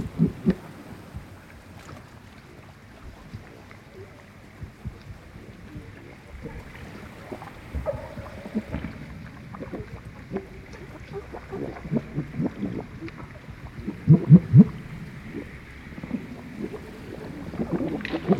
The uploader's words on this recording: Underwater with grey seals in the Outer Hebrides. We're on a boat in the Outer Hebrides at anchor near a small island. An underwater microphone captures grey seals swimming around the hull of the small boat while a full moon hangs in the still night. Recorded by musician David de la Haye.